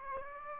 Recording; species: mosquito wingbeat signal from an infrared sensor; Aedes aegypti